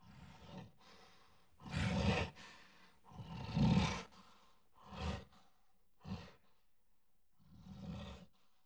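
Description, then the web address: Gorilla roars and breaths: several deep, rough bursts separated by low breathy sounds and short quiet gaps. "Sony Creative Software Sony Pictures Sound Effects Series Volumes 1-10 Volume 1 Animals Gorilla Roars And Breaths"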